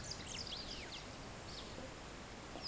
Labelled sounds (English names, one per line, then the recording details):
Superb Starling flight call
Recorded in Kenya on 2 June 2010
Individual 19, of group CF2